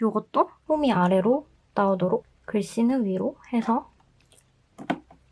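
Someone talks while a second RAM module is inserted, notch down and label up, into a memory slot of a 2019 27-inch iMac, and pressed firmly home so it clicks, since a module that hasn't clicked may not be seated and the RAM won't all show up. After the talking stops, a few faint ticks are followed by one sharp click at 4.9 s. The module is seated.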